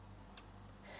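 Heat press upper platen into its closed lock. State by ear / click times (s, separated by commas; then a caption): not seated / none. Someone pushes the upper platen of a heat press toward its closed lock, trying to latch it shut. A single brief, sharp tick sounds at 0.4 s over a steady low hum, followed by a soft rise in hiss near the end. The latch unclicks instead of catching, so nothing has clicked or seated into the lock yet.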